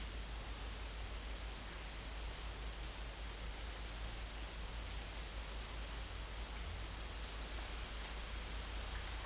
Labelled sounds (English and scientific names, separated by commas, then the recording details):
none
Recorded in dense forest near Puerto Asís, Putumayo, Colombia, on 22 December 2024 at 14:00
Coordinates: 0.484, -76.325
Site G056